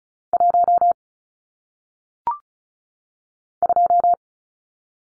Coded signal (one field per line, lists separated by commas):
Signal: Morse code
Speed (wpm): 36 wpm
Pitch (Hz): 700 Hz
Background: none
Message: 1 2